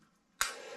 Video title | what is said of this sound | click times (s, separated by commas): A fond les Manettes | Voilà, bien fait clic. | 0.4 s